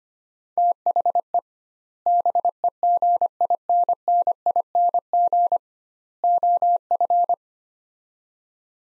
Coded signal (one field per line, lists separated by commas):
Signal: Morse code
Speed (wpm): 25 wpm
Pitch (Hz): 700 Hz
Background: none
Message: THE BEGINNING OF